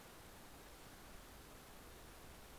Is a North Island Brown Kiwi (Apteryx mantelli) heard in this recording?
no